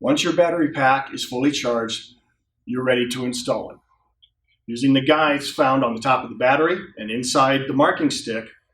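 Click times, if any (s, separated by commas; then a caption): none. A fully charged rechargeable battery pack is lined up on the guides on top of the battery and inside the handle of a Liquid Pro paint marking stick, ready to be pushed in, while someone talks throughout. A brief faint tick occurs around 4.2 s in a pause, but the battery pack has not seated or clicked into the marking stick yet.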